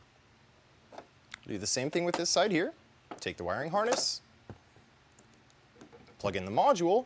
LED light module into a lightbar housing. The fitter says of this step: and from there snaps into place